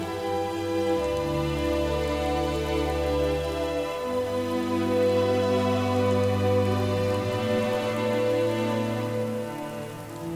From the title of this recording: Music & Ambience - Rainy Solstheim